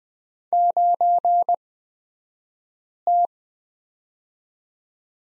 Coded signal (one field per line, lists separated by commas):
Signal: Morse code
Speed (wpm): 20 wpm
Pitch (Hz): 700 Hz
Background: none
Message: 9T